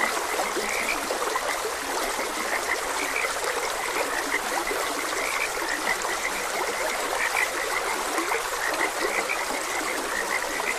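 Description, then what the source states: Frogs croaking in a chorus, short bright calls repeating over a steady rushing stream that fills the background throughout. Frogs croaking beside a gentle stream.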